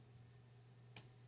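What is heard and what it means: The small toggle on a ratcheting gun belt buckle is pressed, releasing the ratchet so the belt can be loosened one increment at a time. A single faint, short click is heard at 0.97 s over a steady low hum, and the ratchet releases.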